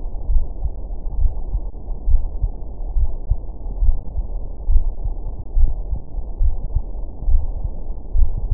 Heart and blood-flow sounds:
heart sounds
0.00	0.28	diastole
0.28	0.42	S1
0.42	0.62	systole
0.62	0.72	S2
0.72	1.18	diastole
1.18	1.32	S1
1.32	1.52	systole
1.52	1.62	S2
1.62	2.08	diastole
2.08	2.22	S1
2.22	2.42	systole
2.42	2.52	S2
2.52	2.96	diastole
2.96	3.10	S1
3.10	3.28	systole
3.28	3.38	S2
3.38	3.80	diastole
3.80	3.96	S1
3.96	4.16	systole
4.16	4.26	S2
4.26	4.70	diastole
4.70	4.84	S1
4.84	5.04	systole
5.04	5.14	S2
5.14	5.56	diastole
5.56	5.70	S1
5.70	5.90	systole
5.90	5.98	S2
5.98	6.42	diastole
6.42	6.54	S1
6.54	6.74	systole
6.74	6.82	S2
6.82	7.26	diastole
7.26	7.42	S1
7.42	7.62	systole
7.62	7.72	S2
7.72	8.16	diastole
8.16	8.32	S1
8.32	8.52	systole
8.52	8.54	S2
From the record:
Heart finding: coronary artery disease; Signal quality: good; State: rest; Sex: female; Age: 64 years

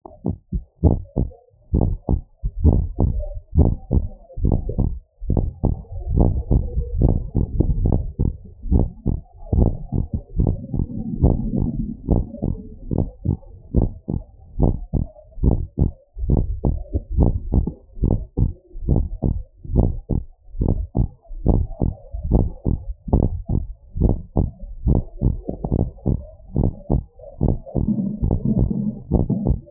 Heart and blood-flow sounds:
heart sounds
0.00	0.02	S1
0.02	0.26	systole
0.26	0.36	S2
0.36	0.84	diastole
0.84	0.98	S1
0.98	1.22	systole
1.22	1.30	S2
1.30	1.72	diastole
1.72	1.88	S1
1.88	2.10	systole
2.10	2.20	S2
2.20	2.64	diastole
2.64	2.82	S1
2.82	3.04	systole
3.04	3.20	S2
3.20	3.58	diastole
3.58	3.74	S1
3.74	3.96	systole
3.96	4.08	S2
4.08	4.44	diastole
4.44	4.58	S1
4.58	4.80	systole
4.80	4.94	S2
4.94	5.32	diastole
5.32	5.46	S1
5.46	5.70	systole
5.70	5.78	S2
5.78	6.12	diastole
6.12	6.28	S1
6.28	6.50	systole
6.50	6.66	S2
6.66	6.98	diastole
6.98	7.14	S1
7.14	7.38	systole
7.38	7.48	S2
7.48	7.82	diastole
7.82	7.96	S1
7.96	8.20	systole
8.20	8.32	S2
8.32	8.70	diastole
8.70	8.86	S1
8.86	9.08	systole
9.08	9.18	S2
9.18	9.54	diastole
9.54	9.72	S1
9.72	9.94	systole
9.94	10.04	S2
10.04	10.40	diastole
10.40	10.54	S1
10.54	10.78	systole
10.78	10.86	S2
10.86	11.22	diastole
11.22	11.38	S1
11.38	11.62	systole
11.62	11.72	S2
11.72	12.10	diastole
12.10	12.24	S1
12.24	12.48	systole
12.48	12.58	S2
12.58	12.98	diastole
12.98	13.08	S1
13.08	13.28	systole
13.28	13.38	S2
13.38	13.76	diastole
13.76	13.90	S1
13.90	14.14	systole
14.14	14.22	S2
14.22	14.60	diastole
14.60	14.74	S1
14.74	14.94	systole
14.94	15.06	S2
15.06	15.44	diastole
15.44	15.58	S1
15.58	15.80	systole
15.80	15.90	S2
15.90	16.30	diastole
16.30	16.44	S1
16.44	16.66	systole
16.66	16.78	S2
16.78	17.16	diastole
17.16	17.32	S1
17.32	17.56	systole
17.56	17.66	S2
17.66	18.04	diastole
18.04	18.18	S1
18.18	18.42	systole
18.42	18.52	S2
18.52	18.90	diastole
18.90	19.06	S1
19.06	19.30	systole
19.30	19.40	S2
19.40	19.76	diastole
19.76	19.92	S1
19.92	20.16	systole
20.16	20.24	S2
20.24	20.60	diastole
20.60	20.74	S1
20.74	20.98	systole
20.98	21.08	S2
21.08	21.48	diastole
21.48	21.64	S1
21.64	21.82	systole
21.82	21.92	S2
21.92	22.30	diastole
22.30	22.46	S1
22.46	22.68	systole
22.68	22.78	S2
22.78	23.14	diastole
23.14	23.30	S1
23.30	23.54	systole
23.54	23.64	S2
23.64	24.00	diastole
24.00	24.16	S1
24.16	24.38	systole
24.38	24.48	S2
24.48	24.86	diastole
24.86	25.02	S1
25.02	25.24	systole
25.24	25.36	S2
25.36	25.72	diastole
25.72	25.86	S1
25.86	26.08	systole
26.08	26.18	S2
26.18	26.56	diastole
26.56	26.66	S1
26.66	26.90	systole
26.90	27.02	S2
27.02	27.44	diastole
27.44	27.56	S1
27.56	27.82	systole
27.82	27.90	S2
27.90	28.24	diastole
28.24	28.38	S1
28.38	28.58	systole
28.58	28.72	S2
28.72	29.12	diastole
29.12	29.26	S1
29.26	29.50	systole
29.50	29.58	S2
29.58	29.70	diastole
From the record:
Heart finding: normal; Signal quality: good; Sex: female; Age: 71 years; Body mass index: 26.1

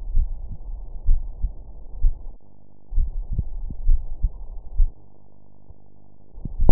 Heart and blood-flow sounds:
heart sounds
0.00	0.14	diastole
0.14	0.28	S1
0.28	0.48	systole
0.48	0.56	S2
0.56	1.06	diastole
1.06	1.20	S1
1.20	1.42	systole
1.42	1.52	S2
1.52	2.02	diastole
2.02	2.14	S1
2.14	2.34	systole
2.34	2.42	S2
2.42	2.96	diastole
2.96	3.10	S1
3.10	3.32	systole
3.32	3.44	S2
3.44	3.86	diastole
3.86	4.00	S1
4.00	4.22	systole
4.22	4.32	S2
4.32	4.78	diastole
4.78	4.90	S1
4.90	5.10	systole
5.10	5.18	S2
5.18	5.70	diastole
5.70	5.80	S1
5.80	6.00	systole
6.00	6.08	S2
6.08	6.60	diastole
6.60	6.72	S1
From the record:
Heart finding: coronary artery disease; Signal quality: good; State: rest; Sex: female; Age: 42 years

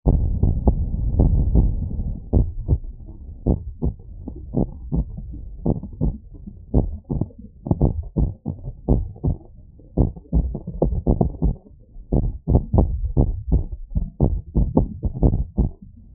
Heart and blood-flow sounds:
heart sounds
0.00	2.34	noise
2.34	2.48	S1
2.48	2.70	systole
2.70	2.80	S2
2.80	3.46	diastole
3.46	3.58	S1
3.58	3.84	systole
3.84	3.94	S2
3.94	4.56	diastole
4.56	4.68	S1
4.68	4.94	systole
4.94	5.06	S2
5.06	5.66	diastole
5.66	5.78	S1
5.78	6.02	systole
6.02	6.14	S2
6.14	6.76	diastole
6.76	6.90	S1
6.90	7.16	systole
7.16	7.26	S2
7.26	7.82	diastole
7.82	7.94	S1
7.94	8.18	systole
8.18	8.30	S2
8.30	8.90	diastole
8.90	9.04	S1
9.04	9.26	systole
9.26	9.36	S2
9.36	9.98	diastole
9.98	10.10	S1
10.10	10.36	systole
10.36	10.50	S2
10.50	16.15	noise
From the record:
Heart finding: normal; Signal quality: good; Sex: male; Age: 26 years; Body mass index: 23

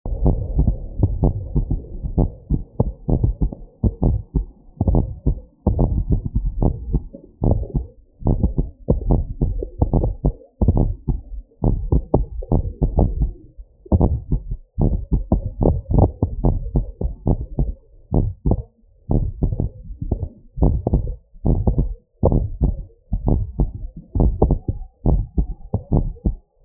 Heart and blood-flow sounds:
heart sounds
0.00	0.22	diastole
0.22	0.36	S1
0.36	0.58	systole
0.58	0.74	S2
0.74	1.20	diastole
1.20	1.34	S1
1.34	1.54	systole
1.54	1.66	S2
1.66	2.16	diastole
2.16	2.28	S1
2.28	2.50	systole
2.50	2.62	S2
2.62	3.10	diastole
3.10	3.22	S1
3.22	3.42	systole
3.42	3.52	S2
3.52	4.04	diastole
4.04	4.18	S1
4.18	4.36	systole
4.36	4.46	S2
4.46	4.88	diastole
4.88	5.04	S1
5.04	5.26	systole
5.26	5.36	S2
5.36	5.74	diastole
5.74	5.88	S1
5.88	6.08	systole
6.08	6.20	S2
6.20	6.60	diastole
6.60	6.72	S1
6.72	6.92	systole
6.92	7.02	S2
7.02	7.48	diastole
7.48	7.60	S1
7.60	7.76	systole
7.76	7.84	S2
7.84	8.26	diastole
8.26	8.38	S1
8.38	8.56	systole
8.56	8.66	S2
8.66	9.08	diastole
9.08	9.22	S1
9.22	9.42	systole
9.42	9.54	S2
9.54	9.94	diastole
9.94	10.08	S1
10.08	10.26	systole
10.26	10.34	S2
10.34	10.76	diastole
10.76	10.92	S1
10.92	11.10	systole
11.10	11.20	S2
11.20	11.72	diastole
11.72	11.88	S1
11.88	12.12	systole
12.12	12.26	S2
12.26	12.82	diastole
12.82	12.96	S1
12.96	13.20	systole
13.20	13.36	S2
13.36	13.92	diastole
13.92	14.10	S1
14.10	14.30	systole
14.30	14.40	S2
14.40	14.82	diastole
14.82	14.98	S1
14.98	15.14	systole
15.14	15.24	S2
15.24	15.62	diastole
15.62	15.76	S1
15.76	15.94	systole
15.94	16.10	S2
16.10	16.46	diastole
16.46	16.58	S1
16.58	16.74	systole
16.74	16.84	S2
16.84	17.28	diastole
17.28	17.40	S1
17.40	17.60	systole
17.60	17.72	S2
17.72	18.16	diastole
18.16	18.28	S1
18.28	18.46	systole
18.46	18.58	S2
18.58	19.10	diastole
19.10	19.24	S1
19.24	19.42	systole
19.42	19.52	S2
19.52	19.90	diastole
19.90	19.96	S1
19.96	20.12	systole
20.12	20.20	S2
20.20	20.62	diastole
20.62	20.78	S1
20.78	20.92	systole
20.92	21.02	S2
21.02	21.46	diastole
21.46	21.58	S1
21.58	21.76	systole
21.76	21.88	S2
21.88	22.28	diastole
22.28	22.44	S1
22.44	22.62	systole
22.62	22.76	S2
22.76	23.26	diastole
23.26	23.42	S1
23.42	23.60	systole
23.60	23.70	S2
23.70	24.20	diastole
24.20	24.34	S1
24.34	24.52	systole
24.52	24.60	S2
24.60	25.06	diastole
25.06	25.22	S1
25.22	25.38	systole
25.38	25.48	S2
25.48	25.92	diastole
25.92	26.08	S1
26.08	26.34	systole
26.34	26.48	S2
26.48	26.65	diastole
From the record:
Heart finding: abnormal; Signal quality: good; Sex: male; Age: 58 years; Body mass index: 27.1

